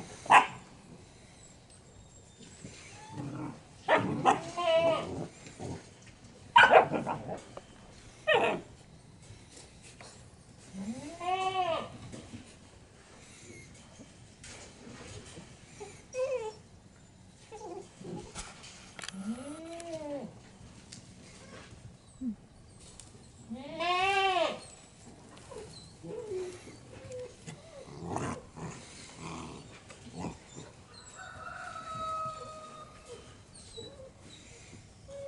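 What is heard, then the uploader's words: Puppies play, letting out high, rising whines and yelps, with three long drawn-out cries around 11, 20 and 24 seconds. Between the calls come scuffling, bumps and short sharp knocks, and the sounds arrive in uneven bursts throughout. Puppies Playing.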